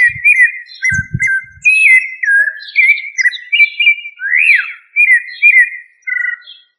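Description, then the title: Thrush song: a rich run of clear whistled phrases, some slurred up and down, with a few low thumps early on. "Familia Turdidae - Sabia"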